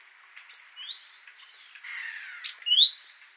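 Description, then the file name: Great tit calls: soft scattered chirps, then a buzzy falling rasp followed by a sharp note and a loud rising whistle-like chirp at the end. "Parus major"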